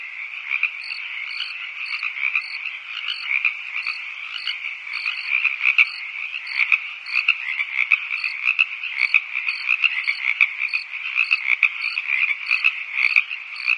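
Crickets chirping in a steady, high-pitched chorus of rapid pulses, with brighter notes recurring about twice a second throughout.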